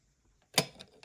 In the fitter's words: all right the dashboard is popped into place